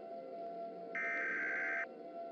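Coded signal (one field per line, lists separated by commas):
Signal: Emergency Alert System (SAME) tones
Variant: header bursts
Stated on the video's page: Fictional alert scenario.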